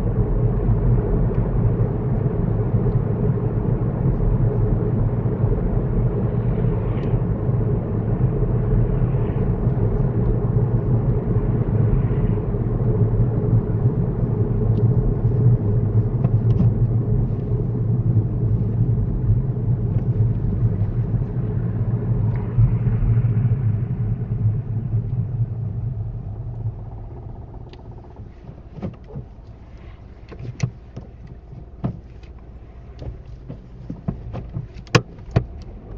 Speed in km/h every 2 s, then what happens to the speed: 55, 53, 53, 55, 53, 50, 45, 35, 29, 27, 23, 15, 6, 0, 0, 0, 0, 0.
0-7 steady at about 53. 7-25 slows to 0. 25-36 standing.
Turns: none.